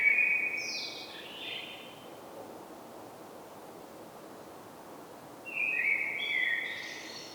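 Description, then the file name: Common blackbird song: a fluty phrase ending in high scratchy twitters, a quiet gap of about four seconds, then a second mellow warbled phrase. "Turdus merula"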